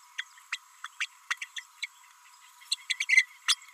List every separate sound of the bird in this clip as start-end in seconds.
0.18-0.24, 0.52-0.58, 0.84-0.87, 1.00-1.06, 1.30-1.34, 1.41-1.47, 1.56-1.63, 1.82-1.86, 2.71-2.75, 2.90-2.95, 3.00-3.05, 3.09-3.26, 3.48-3.55